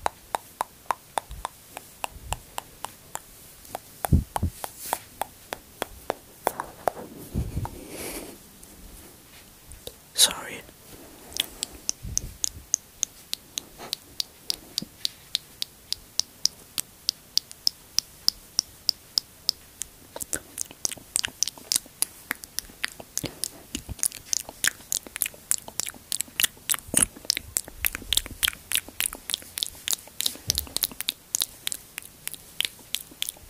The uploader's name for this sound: MOUTH SOUNDS ASMR